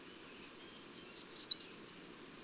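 Bird song: about six high whistled notes delivered quickly and evenly, rounded off by a short upward slide and a strong final note.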